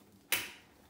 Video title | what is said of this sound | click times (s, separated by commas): 20% Off Code! Venice Child Sunset Dreaming Bassinet Review and Demo!! | you can hear the click and it's ready to be used independently | 0.3 s